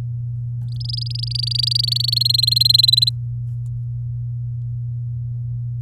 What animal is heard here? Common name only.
Domestic Canary